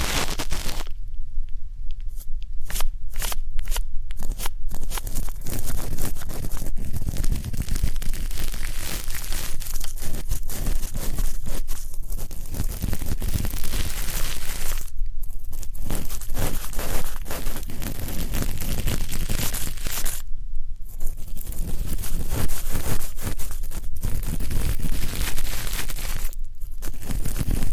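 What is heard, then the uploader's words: Dense crackling and scratching fills the ear-cleaning session almost without pause, loud. Brief dropouts break it early on, with short silences near 15, 20 and 26 seconds before the rustling resumes. ASMR 3D Deep Ear Canal & Eardrum Cleaning (No Talking).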